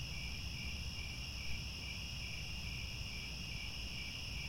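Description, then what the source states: Cricket chorus: many insects trilling together in unbroken high-pitched bands over a faint low background hum. Chorus of many crickets chirping at twilight as the sun sets.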